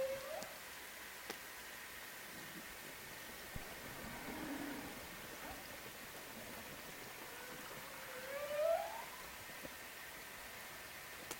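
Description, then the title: Humpback whale moans: a short tone at the start, a faint low note midway, and a rising swooping call near nine seconds, amid steady underwater hiss and occasional clicks. Heard on hydrophones in Haro Strait around noon near Halloween. "A Haro humpback howls as Halloween harkens"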